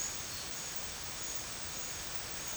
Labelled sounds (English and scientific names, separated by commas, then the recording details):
none
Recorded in dense forest near Puerto Asís, Putumayo, Colombia, on 8 March 2025 at 13:30
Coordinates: 0.484, -76.317
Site G064